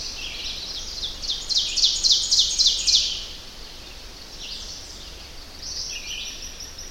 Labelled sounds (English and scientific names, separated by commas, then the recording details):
Ovenbird (Seiurus aurocapilla) song
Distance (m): 20 m
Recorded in boreal forest in Alberta, Canada, on 10 June 2016 at 05:52
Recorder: SongMeter 3, array SBT-3-39
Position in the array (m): 208 m, 164 m
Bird 17